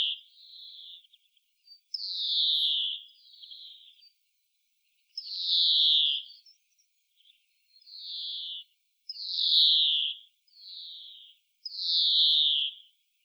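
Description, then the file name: European greenfinch giving drawn-out buzzy wheezing notes, each about a second long, louder and softer ones alternating. "Chloris chloris"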